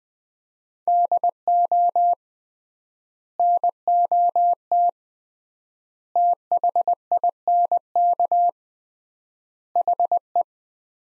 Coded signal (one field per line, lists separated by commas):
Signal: Morse code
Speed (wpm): 20 wpm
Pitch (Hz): 700 Hz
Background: none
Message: DO NOT THINK HE